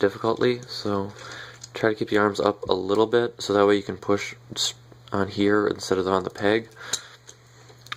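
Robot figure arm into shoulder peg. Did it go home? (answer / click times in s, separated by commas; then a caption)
yes / 7.9 s. Someone talks while pushing the arm of a plastic TFC PS02 Nemesis Primus (Optimus Prime, limited edition) transforming robot figure onto its shoulder peg, pressing near the joint rather than on the peg itself. Two sharp clicks at 7.9 s and 7.9 s mark the arm popping in and locking into place.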